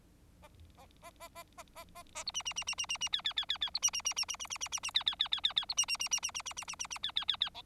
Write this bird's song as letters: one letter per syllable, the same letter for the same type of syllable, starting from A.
A A A A A A A A A B C C C C C C C D D D D D B C C C C C C C C C C D D D D D D B C C C C C C C C C C C D D D D E